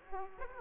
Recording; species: mosquito wingbeat signal from an infrared sensor; Aedes aegypti